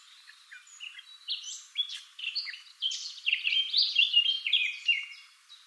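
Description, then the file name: Eurasian blackcap song starting as soft scratchy warbling and swelling into a loud, fast sequence of clear whistled and chirping notes. "Sylvia atricapilla"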